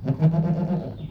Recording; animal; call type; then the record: contact call of a hoofed animal; goat; low-frequency (closed-mouth) or high-frequency (open-mouth) call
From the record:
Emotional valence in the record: negative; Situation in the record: food frustration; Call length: 1.10 s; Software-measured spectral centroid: 880 Hz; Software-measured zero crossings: 470 a second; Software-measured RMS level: -23 dBFS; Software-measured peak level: -9 dBFS